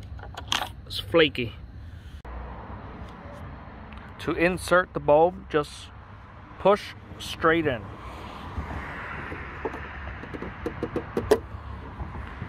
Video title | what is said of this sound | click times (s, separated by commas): Replacing Signal Lights On a 06 Chrysler Town & Country | you'll hear it snap in place | 11.2 s